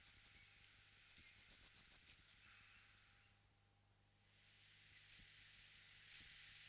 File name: sinica hohlataya